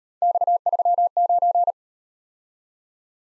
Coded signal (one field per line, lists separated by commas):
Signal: Morse code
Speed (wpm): 37 wpm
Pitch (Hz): 700 Hz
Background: none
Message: X39